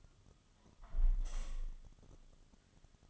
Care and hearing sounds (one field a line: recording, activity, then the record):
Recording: daily activity, microphone in the room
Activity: close window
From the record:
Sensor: 4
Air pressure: 1005.5 hPa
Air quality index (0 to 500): 98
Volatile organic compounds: 2 ppm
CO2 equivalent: 1211 ppm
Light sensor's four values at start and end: 13/30/12/11 and 13/29/11/11